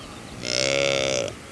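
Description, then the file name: Saiga antelope call: one harsh, nasal bellow under a second long, steady in pitch with a slight rise at the end, then quiet. "Saiga tatarica"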